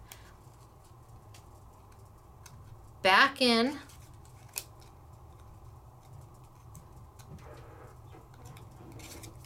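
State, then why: Not seated. A metal cutting die is handled and fitted back toward the plastic platform of a die-cutting machine while working out which way it goes, with faint ticks and light handling noise and one sharper tap at about 4.6 s. Someone talks briefly around 3 to 4 s. Nothing has seated or clicked in yet.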